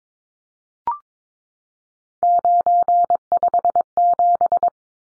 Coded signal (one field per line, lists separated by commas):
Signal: Morse code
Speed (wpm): 22 wpm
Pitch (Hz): 700 Hz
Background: none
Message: 957